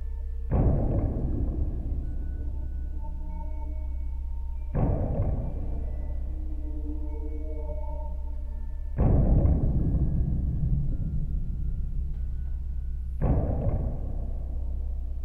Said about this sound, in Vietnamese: Ông đánh một hồi trống dài, giòn giã, phá tan không gian đang lưu trai ma quái, thê lương bởi giông bão ở bên ngoài.